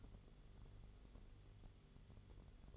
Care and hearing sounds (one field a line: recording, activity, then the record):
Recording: daily activity, microphone in the room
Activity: light on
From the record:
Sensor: 4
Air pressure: 1008.6 hPa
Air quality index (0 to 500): 94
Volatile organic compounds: 1 ppm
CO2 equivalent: 707 ppm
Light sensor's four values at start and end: 13/29/12/11 and 13/31/12/12